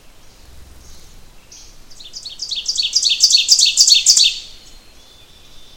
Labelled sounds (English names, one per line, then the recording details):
Ovenbird song
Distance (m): 5 m
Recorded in boreal forest in Alberta, Canada, on 28 June 2016 at 05:06
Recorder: SongMeter 3, array SBT-6-79
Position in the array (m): 41 m, 117 m
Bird 40